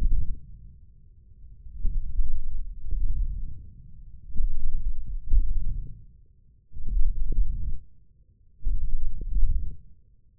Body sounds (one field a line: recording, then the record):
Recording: forearm muscle sounds (acoustic myography)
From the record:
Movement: wrist extension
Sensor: system 1, eight BSWA MPA416 microphones around the upper forearm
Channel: 5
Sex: male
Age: 20 years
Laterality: left